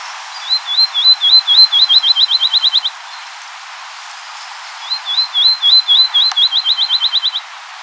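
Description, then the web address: Field sparrow song, two bouts of clear whistled notes that start slow and speed into a rapid trill, each lasting about two and a half seconds, with faint background hiss. 4 January 2007. "Field Sparrow 2007 01 04"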